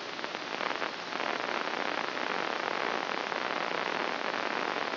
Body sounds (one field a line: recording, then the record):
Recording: brain microelectrode recording played as sound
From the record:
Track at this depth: inside the subthalamic nucleus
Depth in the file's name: 1.131 mm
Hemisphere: right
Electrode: 2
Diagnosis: Parkinson's disease